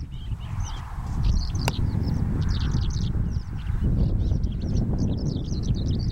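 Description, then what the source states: Asian short-toed lark song: dense, rapid, scratchy twittering notes running almost without pause, one brief sharp click, all over strong low rumbling noise. Mongolian toad (Bufo raddei) calling in the background.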